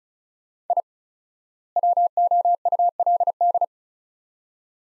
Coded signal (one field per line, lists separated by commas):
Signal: Morse code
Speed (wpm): 36 wpm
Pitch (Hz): 700 Hz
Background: none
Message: I WOULD